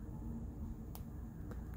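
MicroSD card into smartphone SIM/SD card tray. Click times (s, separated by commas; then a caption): 1.0 s. A microSD card is pressed into its slot in the plastic SIM/SD tray of an LG K51 smartphone, snapping in with a sharp click at 0.9 s and seating flush. Two fainter ticks follow at 1.5 s and 1.7 s over a steady low background hum.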